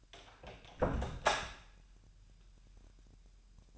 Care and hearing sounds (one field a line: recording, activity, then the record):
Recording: daily activity, microphone in the room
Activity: close door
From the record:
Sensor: 2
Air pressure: 998.3 hPa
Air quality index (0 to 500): 139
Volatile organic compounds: 4 ppm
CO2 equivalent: 1573 ppm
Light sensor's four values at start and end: 12/36/14/14 and 12/36/14/14